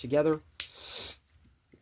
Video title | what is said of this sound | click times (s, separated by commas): Transformers Studio Series The Last Knight Leader Class Nemesis Prime | Hear that click? | 0.6 s